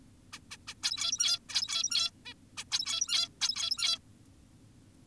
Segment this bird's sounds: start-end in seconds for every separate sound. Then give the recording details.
0.33-0.39, 0.51-0.57, 0.68-0.74, 0.83-1.39, 1.49-2.11, 2.26-2.34, 2.58-2.64, 2.72-3.29, 3.41-3.99. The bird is an adult. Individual g17y2U